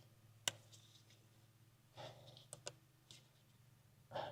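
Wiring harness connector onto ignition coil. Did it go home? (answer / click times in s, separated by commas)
yes / 0.5 s, 2.7 s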